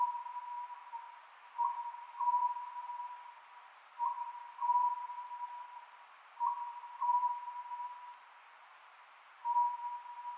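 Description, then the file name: Oriental scops owl calling in short two-note hooted phrases with longer pauses between them, over a steady unbroken droning tone. Recorded 27 May 2010 at 22:21. "konohazuku-20100527-2221"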